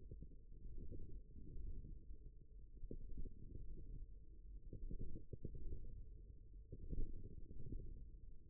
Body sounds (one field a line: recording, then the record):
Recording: forearm muscle sounds (acoustic myography)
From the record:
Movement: wrist flexion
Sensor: system 1, eight BSWA MPA416 microphones around the upper forearm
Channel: 3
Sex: male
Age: 54 years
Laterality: right